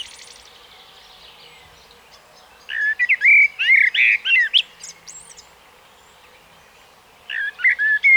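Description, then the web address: Common blackbird song begins after a quiet start: a rich burst of fluty warbles mixed with high twittering notes, then the start of a second phrase. "SETE data Turdus merula"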